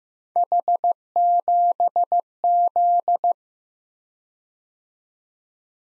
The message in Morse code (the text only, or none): H7Z